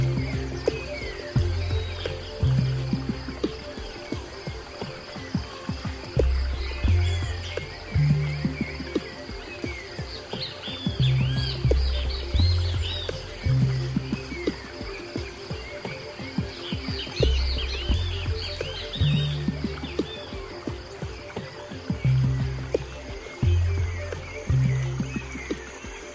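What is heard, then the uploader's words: Soft, slow low tones repeat in a steady stepping pattern while busy chirping birdsong flickers high above throughout, with faint clicks scattered in between. Nature Sounds, Zen Music.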